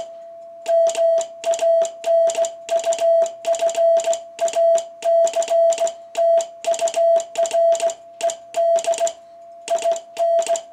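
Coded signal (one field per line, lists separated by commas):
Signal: Morse code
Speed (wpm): 17 wpm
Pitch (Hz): 660 Hz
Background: none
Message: MANUFACTURED IN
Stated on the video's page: On-air demonstration of a 1948 Micamold XTR-1 kit transmitter with a clean, chirp-free signal; the slight warble comes from side-tone pickup, not the signal.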